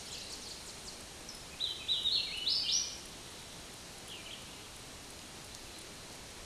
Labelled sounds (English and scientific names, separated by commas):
Hooded Warbler (Setophaga citrina) song